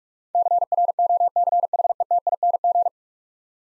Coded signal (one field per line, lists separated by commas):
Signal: Morse code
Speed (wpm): 46 wpm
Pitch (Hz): 700 Hz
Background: none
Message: CROCHETING